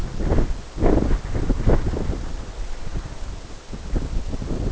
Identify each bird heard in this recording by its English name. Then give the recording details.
none. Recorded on Arctic tundra, site NAIT-1, on 21 June 2018. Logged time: 17:00